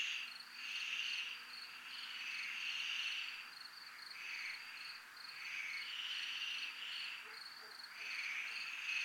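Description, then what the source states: Crickets chirp in a steady high pulsed trill, with louder, broader buzzy bursts swelling and fading every second or two. Recorded at a zona militar (military zone).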